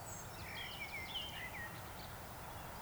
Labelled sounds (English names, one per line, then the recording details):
Eurasian Woodcock whistle
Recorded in Baden-Württemberg, Germany, on 26 June 2021 at 19:37 UTC
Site 45499, 200 m above sea level